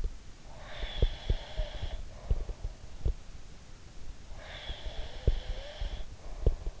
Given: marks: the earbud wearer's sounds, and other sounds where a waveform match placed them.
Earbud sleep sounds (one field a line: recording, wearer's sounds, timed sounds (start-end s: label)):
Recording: sounds in sleep by an in-ear microphone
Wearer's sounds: breath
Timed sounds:
0.47-2.76 s: breath
0.77-3.17 s: sound from someone else or the room
4.33-6.80 s: breath
4.69-6.80 s: sound from someone else or the room